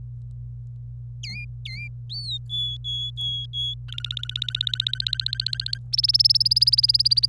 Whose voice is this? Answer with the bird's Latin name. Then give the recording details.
Serinus canaria. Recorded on 26 April 2018 at 07:00. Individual llb3